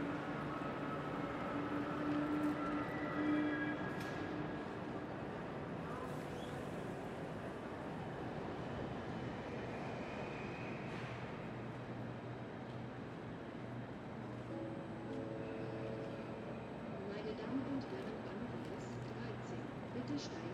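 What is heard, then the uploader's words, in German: Berlin Hauptbahnhof, with a steady low rumble of trains and station machinery holding throughout. Bright tonal squeals and hums come and go, strongest near the start and again after fifteen seconds, over a constant murmur with occasional sharp clanks. Berlin Hauptbahnhof.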